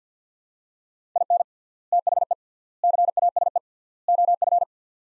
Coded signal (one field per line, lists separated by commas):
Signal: Morse code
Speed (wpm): 50 wpm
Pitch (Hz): 700 Hz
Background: none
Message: IN THE CASE OF